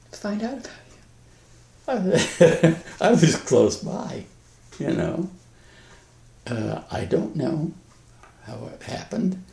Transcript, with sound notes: find out about you?
[Laughs.] I was close by, you know? I don't know how it happened.